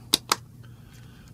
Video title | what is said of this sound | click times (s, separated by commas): Best Hearing Protection: Swatcom Active8 by Talking Headsets Ltd Part One | they will snap in place just like that. Boom. | 0.1 s, 0.3 s